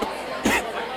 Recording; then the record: coughing mixed with background sound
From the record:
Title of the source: 61 morning phlegmy cough...again